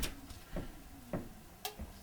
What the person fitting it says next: okay you probably hear that little click